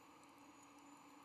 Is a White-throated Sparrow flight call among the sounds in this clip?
no